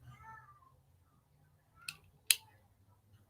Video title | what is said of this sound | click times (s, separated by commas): Checking out the Smok TFV 16 a new juice by naked. | that little click | 2.3 s